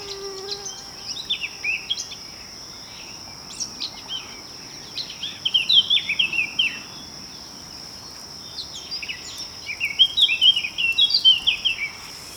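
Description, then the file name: Eurasian blackcap singing several short bursts of varied twittering notes, over a constant high-pitched whine. "Sylvia atricapilla"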